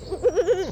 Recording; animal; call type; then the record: contact call of a hoofed animal; goat; low-frequency (closed-mouth) or high-frequency (open-mouth) call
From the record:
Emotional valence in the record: negative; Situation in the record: short social isolation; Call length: 0.72 s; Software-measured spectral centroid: 1620 Hz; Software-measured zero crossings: 1470 a second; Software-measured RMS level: -23 dBFS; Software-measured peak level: -10 dBFS